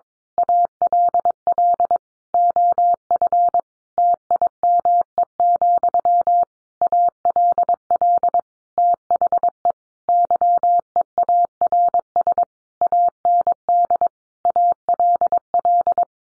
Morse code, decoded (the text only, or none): ALL OF TIME, ALL THE YEARS AND ALL